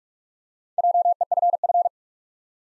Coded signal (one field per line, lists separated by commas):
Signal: Morse code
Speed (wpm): 46 wpm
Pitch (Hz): 700 Hz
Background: none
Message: JEFF